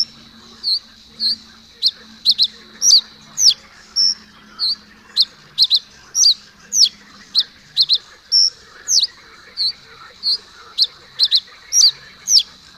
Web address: agykontroll Madardalok Cd 3. Nádi sármány